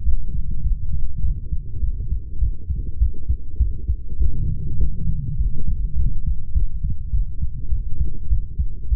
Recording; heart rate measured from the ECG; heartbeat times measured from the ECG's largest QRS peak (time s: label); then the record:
heart sounds by stethoscope; 102 bpm
0.04 s: heartbeat
0.63 s: heartbeat
1.22 s: heartbeat
1.81 s: heartbeat
2.40 s: heartbeat
2.99 s: heartbeat
3.58 s: heartbeat
4.18 s: heartbeat
4.78 s: heartbeat
5.37 s: heartbeat
5.96 s: heartbeat
6.54 s: heartbeat
7.12 s: heartbeat
7.70 s: heartbeat
8.29 s: heartbeat
8.90 s: heartbeat
From the record:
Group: healthy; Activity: light exercise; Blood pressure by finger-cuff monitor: 151/81 mmHg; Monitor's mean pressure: 100 mmHg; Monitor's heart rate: 103 bpm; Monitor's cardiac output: 8.3 L/min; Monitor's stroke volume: 82 mL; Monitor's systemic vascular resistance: 870 dyn s/cm5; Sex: female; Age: 32 years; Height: 168 cm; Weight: 61.9 kg